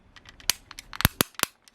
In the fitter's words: and the feet have several uh locking points so you can push those forward and you'll hear a click